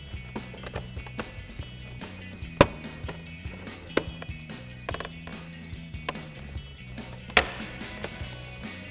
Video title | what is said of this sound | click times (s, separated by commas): 2018-2023 Mustang GT SpeedForm Mach 1 Style Upper Grille with LED DRL Review & Install | All right, once they're all locked in, now we can go ahead and replace our center section. | 1.2 s, 2.6 s, 4.0 s, 4.9 s, 6.1 s, 7.4 s